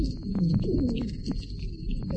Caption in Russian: В разгаре приступа очень затруднен выдох. Дыхание становится еще более шумным и свистящим. Выслушивается большое количество разнообразных сухих хрипов, среди которых преобладают свистящие.